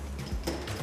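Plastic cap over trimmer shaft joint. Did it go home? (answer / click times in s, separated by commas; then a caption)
no / none. A plastic cap is pushed over the shaft joint coupling of a TrimTech 650/900w trimmer during assembly, with rubbing and handling noise over a low hum and a brief bump of contact at about 0.5 s. Nothing has seated or clicked yet.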